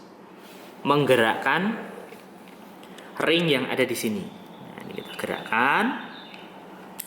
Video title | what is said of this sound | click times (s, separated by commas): Langkah penggunaan kamera dslr nikon d3400 | Ya, sampai bunyi klik sehingga di sini sudah siap digunakan. | 7.0 s